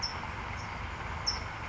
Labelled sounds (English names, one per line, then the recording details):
California Towhee
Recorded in Sonoma County, California